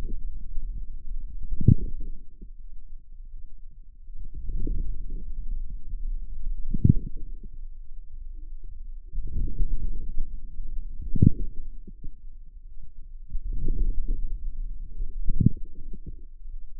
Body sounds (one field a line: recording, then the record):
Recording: forearm muscle sounds (acoustic myography)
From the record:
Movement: outward rotation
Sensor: system 2, bracelet of six BSWA MPA416 microphones around the upper forearm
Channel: 4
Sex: female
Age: 23 years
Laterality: right